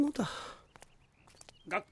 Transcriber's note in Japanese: 足音、鳥の鳴き声